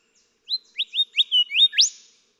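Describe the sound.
Golden whistler song: a single phrase of several bright whistled notes building to an emphatic sharp upsweeping last note.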